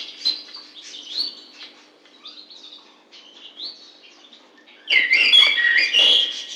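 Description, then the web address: Bird calls, quiet separate whistled notes and chirps, then a loud jumbled twittering burst over the final seconds. "птицы"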